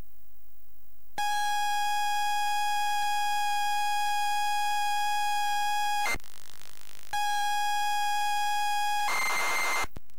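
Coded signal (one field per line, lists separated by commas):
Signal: ZX Spectrum tape loading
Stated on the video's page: ZX Spectrum tape loaded on a Spectrum +3 from a WH Smith CPD8300 cassette player.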